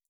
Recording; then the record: hydrophone in a shrimp aquaculture tank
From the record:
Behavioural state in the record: stressed